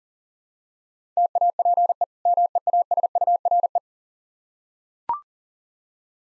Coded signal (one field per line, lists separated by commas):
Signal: Morse code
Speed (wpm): 40 wpm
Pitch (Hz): 700 Hz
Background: none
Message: TAPE MEASURE